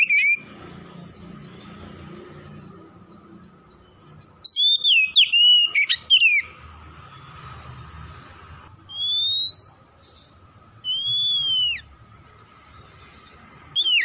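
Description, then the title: Oriental magpie-robin singing: a burst of quick varied whistles, then long sweet drawn-out whistles spaced a couple of seconds apart, with a steady faint hum behind. Tretes; singing vigorously (gacor). "Kacer Tretes"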